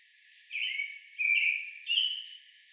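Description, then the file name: American robin giving three clear, slurred whistled phrases about 0.7 seconds apart, with a steady background hiss. Recorded 30 May 2019. "2019-05-30 American Robin"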